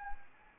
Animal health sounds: mosquito wingbeat signal from an infrared sensor; Anopheles arabiensis

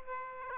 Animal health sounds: mosquito wingbeat signal from an infrared sensor; Aedes aegypti

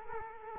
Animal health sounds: mosquito wingbeat signal from an infrared sensor; Culex quinquefasciatus

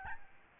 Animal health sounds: mosquito wingbeat signal from an infrared sensor; Aedes albopictus

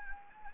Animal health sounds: mosquito wingbeat signal from an infrared sensor; Anopheles gambiae

